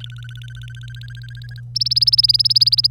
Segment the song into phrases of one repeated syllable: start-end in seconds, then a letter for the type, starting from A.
0.00-1.60 A, 1.75-2.87 B